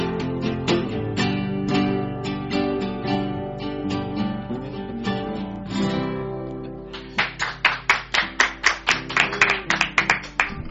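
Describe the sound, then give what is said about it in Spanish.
An audience claps in a steady, rhythmic beat. For the first several seconds the clapping runs under sustained music, then it continues alone as loud, sharp, evenly spaced claps. “Buenísimo el aplauso, que me da tiempo para agarrar el micrófono, ¿entienden?”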